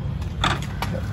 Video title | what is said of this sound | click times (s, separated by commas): Basestation Set Up Video | Put it into up to unlock. So you hear it click. | 0.4 s